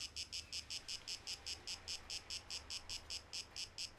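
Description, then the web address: Cicada song, strongly pulsed shrill buzzes repeating rapidly above a quiet low hum. 12 August 2023. "rauschpartikel Audio 2023-08-12 Zikaden"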